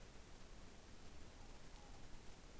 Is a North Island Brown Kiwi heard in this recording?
no